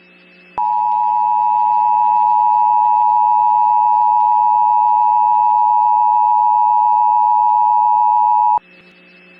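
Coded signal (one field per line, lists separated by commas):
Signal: Emergency Alert System (SAME) tones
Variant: 853 and 960 Hz attention tone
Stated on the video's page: Valid EAS tones in a New Year's Eve scenario recreation, not a real alert.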